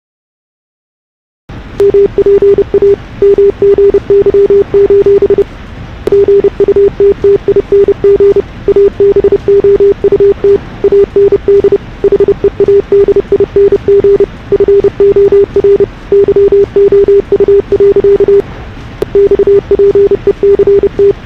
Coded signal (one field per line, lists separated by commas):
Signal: Morse code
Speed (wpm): 30 wpm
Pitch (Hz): 410 Hz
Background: none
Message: MPA MGY: GUTTING ABOUT AND HEADING FOR YOU. XPECT